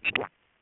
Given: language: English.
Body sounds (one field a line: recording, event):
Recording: throat vibration sensor signal played as sound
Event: swallow